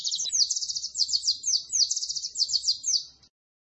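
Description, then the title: White-eye song: a rapid, continuous run of high twittering notes with quick down-slurred phrases, lasting about three seconds. Described as gacor, lively energetic singing. "Pleci Gacor"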